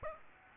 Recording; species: mosquito wingbeat signal from an infrared sensor; Aedes aegypti